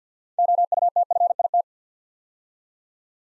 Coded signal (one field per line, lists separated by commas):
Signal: Morse code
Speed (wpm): 49 wpm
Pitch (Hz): 700 Hz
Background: none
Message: OUTFIT